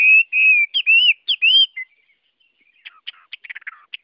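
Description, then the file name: Chinese hwamei with a few loud slurred whistles, then after a short gap a quick patter of soft clipped notes. Hwamei singing in the Vietnamese wild-voice style (giọng rừng). "Tieng hoa mi hot giong rung"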